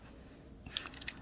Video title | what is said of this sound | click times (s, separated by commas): Vlog 107: Diamond painting, lecture, un peu de coloriage et unboxing de stylets | Et là aussi, tac, vous voyez, vous avez entendu le clic. | 0.8 s